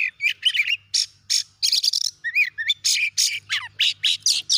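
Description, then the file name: Oriental magpie-robin singing fast, varied phrases of scratchy chatter and brief twisting whistles, some notes dropping sharply in pitch, over a soft steady low hum. "Suara Kacer"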